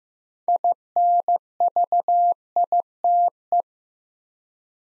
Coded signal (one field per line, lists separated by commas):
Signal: Morse code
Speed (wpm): 15 wpm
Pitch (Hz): 700 Hz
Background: none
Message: INVITE